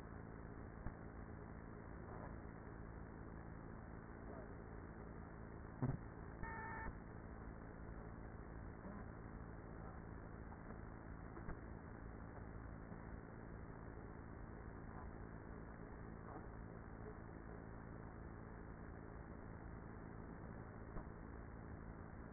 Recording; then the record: honeybee colony, microphone inside the hive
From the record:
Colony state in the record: queenless with a low population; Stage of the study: after two queens were removed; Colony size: about 30,000 bees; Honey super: no